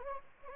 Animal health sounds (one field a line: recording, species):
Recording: mosquito wingbeat signal from an infrared sensor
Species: Anopheles gambiae